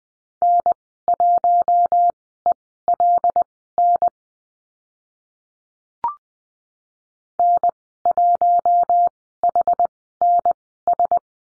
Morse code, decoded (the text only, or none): N1ELN N1HNS